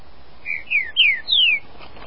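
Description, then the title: Green-winged saltator song, four clear whistled notes, each sliding downward, delivered in quick succession and rising slightly in starting pitch, against a quiet background. "Trinca Ferro"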